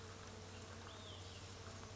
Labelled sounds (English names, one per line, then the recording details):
Olive-sided Flycatcher
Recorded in Sonoma County, California